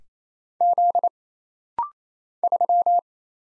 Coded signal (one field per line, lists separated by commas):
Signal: Morse code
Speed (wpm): 27 wpm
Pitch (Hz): 700 Hz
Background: none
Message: Z 3